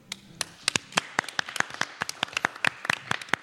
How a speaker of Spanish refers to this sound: Y bueno, queremos que le deis un aplauso a los dos,